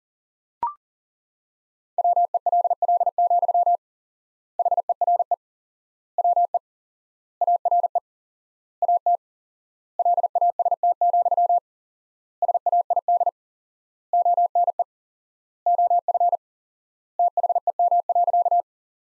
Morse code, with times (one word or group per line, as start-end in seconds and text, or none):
2.0-3.8 WELL,
4.6-5.3 HERE
6.2-6.6 WE
7.4-8.0 ARE
8.8-9.2 AT
10.0-11.6 LAST,
12.4-13.3 SAID
14.1-14.8 ONE
15.7-16.4 OF
17.2-18.6 THEM.